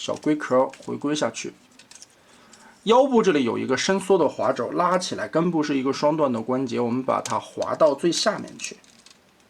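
Someone talks while handling a plastic transforming robot toy, an enlarged CE01 Bumblebee from the Transformers movie, pulling up the telescoping rail at its waist, whose root is a two-section joint, and sliding it down to its lowest point. Faint handling ticks sound around 1.8 to 2.5 seconds. The clip ends before the waist lock pin is pushed fully home into its socket, so nothing has seated or clicked yet.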